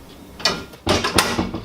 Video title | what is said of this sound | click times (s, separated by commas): OI-775 Heavy Duty Full Extension Pantry Cabinet Pull-Out Drawer Slide | one click two clicks | 0.5 s, 1.2 s